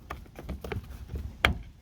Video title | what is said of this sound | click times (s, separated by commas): Hyundai Kia Door Won't Open Inside or Outside - Full Step-By-Step Repair | and push it till it clicks. | 1.4 s